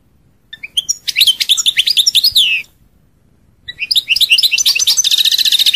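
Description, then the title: European goldfinch song: two fast, liquid twittering phrases of bright chirps and slurred notes, split by a brief silence. "Chant Chardonneret"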